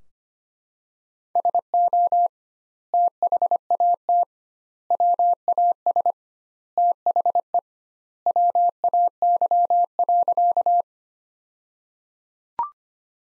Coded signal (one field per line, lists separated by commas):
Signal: Morse code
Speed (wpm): 25 wpm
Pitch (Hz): 700 Hz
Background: none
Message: SO THAT WAS THE WAY.